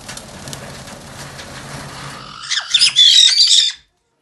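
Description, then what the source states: Caique squawks: low background rumble and hiss at first, then a loud flurry of shrill, rasping screeches lasting just over a second. Caique parrots screaming.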